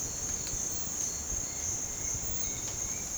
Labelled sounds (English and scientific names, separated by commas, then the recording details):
none
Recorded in dense forest near Puerto Asís, Putumayo, Colombia, on 20 December 2024 at 07:00
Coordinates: 0.466, -76.327
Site G075